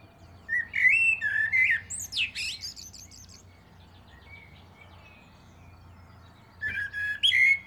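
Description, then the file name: Common blackbird song: a mellow warbled phrase breaking into squeaky high twitters, then a pause and a second fluted phrase starting near the end. "Turdus merula"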